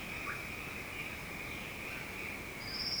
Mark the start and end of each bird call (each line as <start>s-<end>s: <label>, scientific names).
0.00s-3.00s: Orthopsittaca manilatus